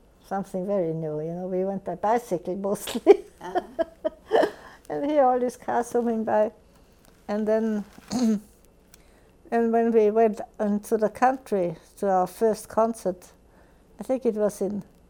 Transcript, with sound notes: something very new. You know, we went on bicycle mostly. ( she laughs ) And here all these cars zooming by. And then, and when we went to the country to our first concert, I think it was in